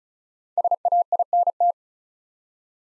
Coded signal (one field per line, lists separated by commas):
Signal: Morse code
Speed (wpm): 36 wpm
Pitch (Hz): 700 Hz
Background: none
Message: SAINT